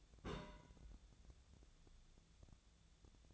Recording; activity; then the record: daily activity, microphone in the room; place on stove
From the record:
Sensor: 3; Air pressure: 1000.0 hPa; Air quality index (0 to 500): 124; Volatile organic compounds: 2 ppm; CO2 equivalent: 1111 ppm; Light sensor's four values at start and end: 43/109/47/52 and 44/110/47/52